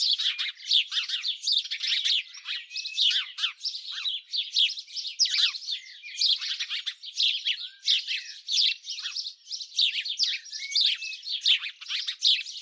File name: Passer domesticus